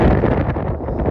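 A headlight bulb holder is handled at the housing of a BMW E46 headlight (323i, 325i, 328i, 330i or M3) while its plastic retaining clips are being twisted back toward horizontal to lock. Steady, broadband rustling and handling noise runs through the whole 1.1 seconds with no sharp transients. Nothing has seated or clicked yet.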